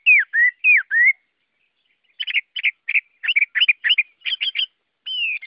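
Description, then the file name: Chinese hwamei singing a few loud whistled notes, then a rapid string of short chattering notes and a final drawn-out whistled slur. Chinese hwamei singing in the wild forest-voice song style (giọng rừng). "Tieng hoa mi hot giong rung"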